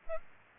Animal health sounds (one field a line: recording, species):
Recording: mosquito wingbeat signal from an infrared sensor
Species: Aedes aegypti